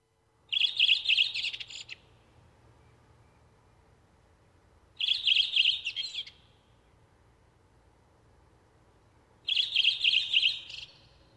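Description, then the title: Redwing song: three short, bright phrases of quick high notes, repeated about every four and a half seconds. "Viikon luontoääni: Punakylkirastas"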